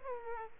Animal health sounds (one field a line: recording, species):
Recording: mosquito wingbeat signal from an infrared sensor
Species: Aedes aegypti